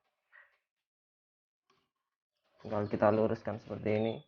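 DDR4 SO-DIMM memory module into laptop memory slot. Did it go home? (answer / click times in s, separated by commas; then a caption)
no / none. A DDR4 SO-DIMM memory module is held and turned to match the key of the memory slot in an Asus X441UV laptop (4GB + 4GB upgrade), since it won't go in reversed, then straightened to be pushed in fully. Only a faint brief handling sound near 0.4 s and a tiny tick near 1.7 s are heard before someone talks from about 2.6 s to the end. Nothing has seated or clicked yet.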